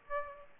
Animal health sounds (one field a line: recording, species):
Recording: mosquito wingbeat signal from an infrared sensor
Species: Aedes aegypti